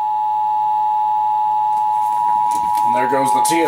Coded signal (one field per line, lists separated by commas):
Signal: Emergency Alert System (SAME) tones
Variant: 853 and 960 Hz attention tone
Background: speech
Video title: 20 YEARS OF LIVING... EAS Tests from October, 2021 (EAS #6,376 - 6,397)